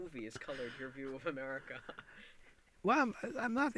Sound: he laughs

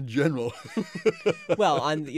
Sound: laughs

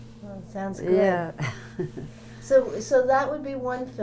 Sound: chuckles

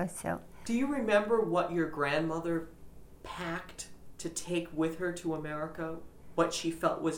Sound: none

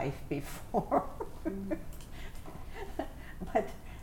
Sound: laughs

